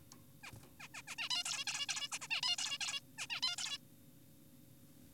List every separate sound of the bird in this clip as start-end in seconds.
0.44-0.52, 0.80-0.88, 0.94-1.02, 1.08-1.16, 1.18-1.29, 1.30-1.44, 1.46-1.65, 1.67-1.86, 1.89-2.08, 2.12-2.19, 2.22-2.28, 2.30-2.41, 2.43-2.56, 2.58-2.78, 2.81-3.00, 3.18-3.27, 3.30-3.41, 3.43-3.56, 3.58-3.78